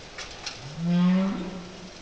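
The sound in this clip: Whale call: a single low, harmonic-rich moan that swells, bends slightly upward and lingers about a second before fading, preceded by two faint clicks.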